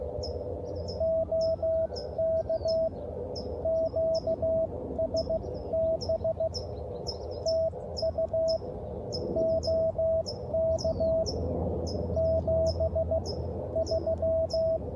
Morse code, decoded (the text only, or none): OK QSB TU OK 73